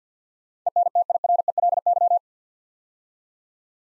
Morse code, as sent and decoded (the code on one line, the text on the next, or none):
. -. - .. .-. . .-.. -.--
ENTIRELY